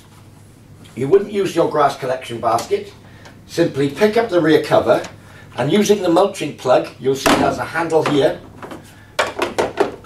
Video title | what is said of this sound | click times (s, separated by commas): How to assemble & start the Hyundai powered, P1PE P5100SPE Lawn Mower | into the back of the mower until it clicks in position and release the flap this would now be for | 9.6 s